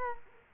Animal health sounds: mosquito wingbeat signal from an infrared sensor; Culex quinquefasciatus

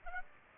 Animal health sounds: mosquito wingbeat signal from an infrared sensor; Aedes aegypti

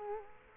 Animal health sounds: mosquito wingbeat signal from an infrared sensor; Culex quinquefasciatus

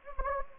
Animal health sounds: mosquito wingbeat signal from an infrared sensor; Anopheles gambiae

